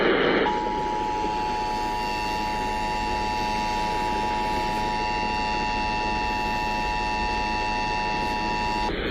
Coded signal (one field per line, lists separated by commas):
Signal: Emergency Alert System (SAME) tones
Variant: 853 and 960 Hz attention tone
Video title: TEXAS OR TENNESSEE TEST... EAS Alerts From June 2026 (EAS#6,214 - 6,250)